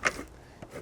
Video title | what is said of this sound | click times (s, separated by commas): Size Shifting Bear Canister Review: REI Traverse & BV One | is spin it until it clicks, and then that's all set. | 0.1 s, 0.6 s